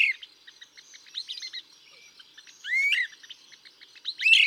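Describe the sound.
Great crested flycatcher giving a few loud rising whistled wheep calls over a dense background of faint rapid chirping.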